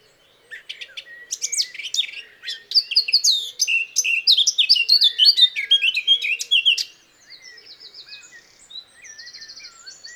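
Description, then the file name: Eurasian blackcap warbling rapidly for around six seconds, mixing sharp chips and clear whistles, followed by softer buzzy trills and faint low repeated notes. "Sylvia atricapilla"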